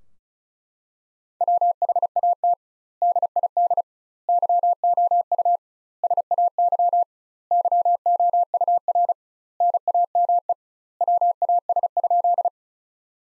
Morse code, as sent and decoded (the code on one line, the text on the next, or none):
.-- .... .- - / -.. .. -.. / -.-- --- ..- / ... .- -.-- / -.-- --- ..- .-. / -. .- -- . / .-- .- ... ..--..
WHAT DID YOU SAY YOUR NAME WAS?